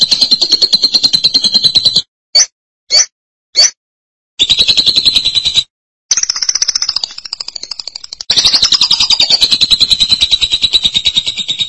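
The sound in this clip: Lovebird chattering trill: fast buzzy trilling, then three short chirps, then long, fast, buzzy trills at a high pitch, broken by a few abrupt silent gaps.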